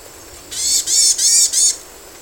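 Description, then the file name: Varied tit call: four loud, harsh, nasal notes in a quick even series, each about a quarter second long, with quiet hiss before and after. "yamagara"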